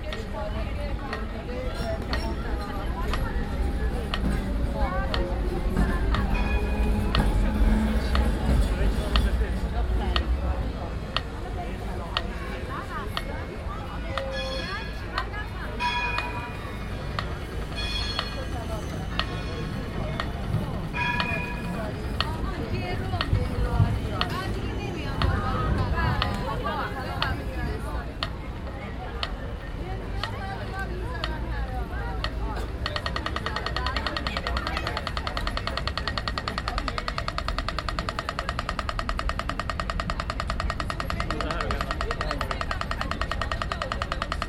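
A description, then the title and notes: Busy Amsterdam street sounds at a pedestrian crossing, with a steady low rumble of traffic and passing vehicles throughout. Voices and chatter come and go, with scattered clicks and short tonal chimes, and the low rumble is heaviest in the first ten seconds. Amsterdam Street Sounds - Pedestrian Crossing.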